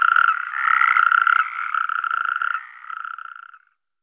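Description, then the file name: Natterjack toad rattling calls: loud, grating, pulsed croaks that overlap, then weaken and die away after about three and a half seconds. "crapaud calamite"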